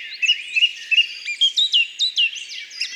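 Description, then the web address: Song thrush song: one clear whistled note given three times, then a string of sharp, varied chirped phrases. "Grive musicienne. abc de la nature"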